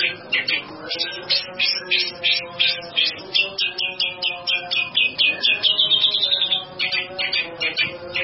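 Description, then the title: Bird singing a fast, steady series of sharp, high chirped notes, with faint low tonal sounds underneath. "burung"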